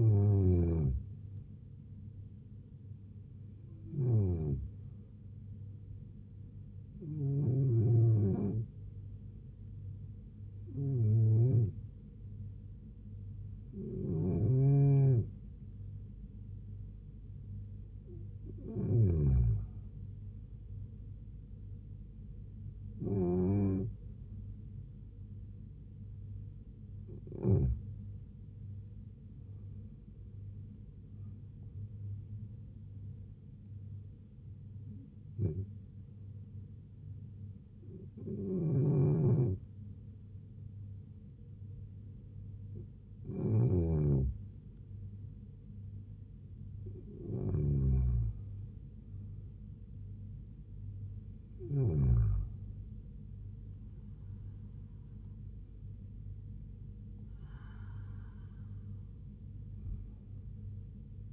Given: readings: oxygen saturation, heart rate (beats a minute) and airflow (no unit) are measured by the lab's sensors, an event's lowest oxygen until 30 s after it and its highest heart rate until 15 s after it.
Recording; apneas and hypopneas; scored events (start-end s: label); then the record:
breathing in sleep by a smartphone at the bedside; none
0.00-61.32 s: awake
From the record:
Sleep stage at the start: N1 (lightest sleep); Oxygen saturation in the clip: 92 to 94%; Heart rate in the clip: 69 to 76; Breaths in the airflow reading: 16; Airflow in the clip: -3.4 to 3.1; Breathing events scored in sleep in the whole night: 158 in 7.3 hours asleep